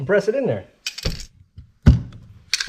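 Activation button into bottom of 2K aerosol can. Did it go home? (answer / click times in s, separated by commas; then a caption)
yes / 2.5 s. Someone talks, then the plastic activation button from the cap is set into the recess in the bottom of a 2K primer aerosol can and pressed in, with a few handling knocks around 0.9 s and 1.9 s. The button pops in with a sharp snap at 2.5 s, releasing the hardener into the primer.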